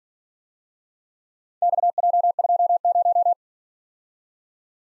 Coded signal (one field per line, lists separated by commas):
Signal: Morse code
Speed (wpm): 46 wpm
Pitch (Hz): 700 Hz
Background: none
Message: XJ20